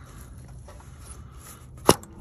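A plastic fuel line quick-connect is released from the fuel filter housing fitting on a 2021 Ford 6.7 Powerstroke diesel: its locking tab is pushed up and the line is pulled off. Low background noise gives way to one sharp snap at 1.9 s as the connector pops off the fitting.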